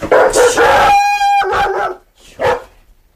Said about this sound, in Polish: Teraz uwaga, bo mogą psy szczekać.